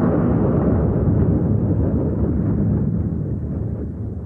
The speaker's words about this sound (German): Kaum sind Ice und Sun mit ihrer Sonde dem Wrack entkommen, erfolgt eine ungeheure Explosion. Das riesige Raumschiff ist zu einer einzigen Feuerwolke geworden.